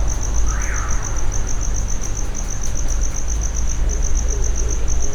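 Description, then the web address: Cricket song: a high, steady trill of rapid, evenly spaced pulses running throughout, over a constant low rumble. Cricket kept in a plastic distribution box, recorded at Jászberény zoo in 2016. "allathangok jaszberenyizoo 2016 professzionalis tucsok muanyagelosztodobozban jobbramocsarimacska"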